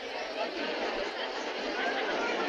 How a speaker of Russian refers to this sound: Трибуны под завязку заполнены болельщиками. В воздухе стоит ровный, ни с чем не сравнимый гул человеческих голосов.